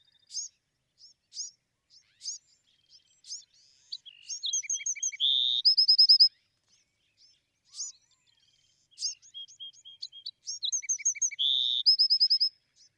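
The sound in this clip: Bewick's wren song repeated twice: thin high chips building to a buzz and a rapid trill of bright notes.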